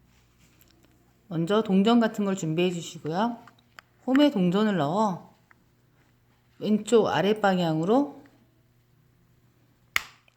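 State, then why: Released. Someone talks while a coin set in the slot turns the plastic battery cover of an Otos Mach 2 welding helmet about 15 degrees toward the lower left. A sharp snapping click at 10.0 s marks the cover unlocking and releasing.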